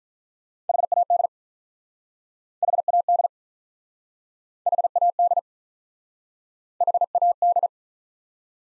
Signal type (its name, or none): Morse code